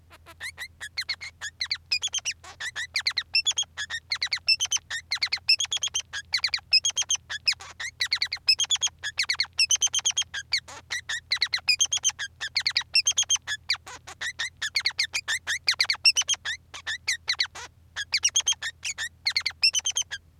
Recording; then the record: song of a male Bengalese finch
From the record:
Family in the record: son of father 3